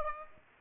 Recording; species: mosquito wingbeat signal from an infrared sensor; Aedes aegypti